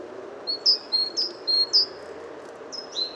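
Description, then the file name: Great tit calls: a run of high, thin two-part notes, each sliding down sharply, given in quick succession over a steady background hiss. "Parus major"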